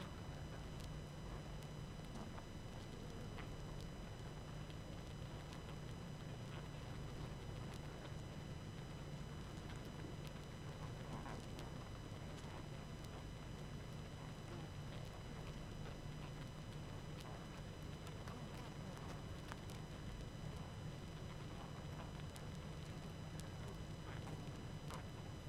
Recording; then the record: honeybee colony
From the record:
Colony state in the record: active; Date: 12 June 2018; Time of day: 20:15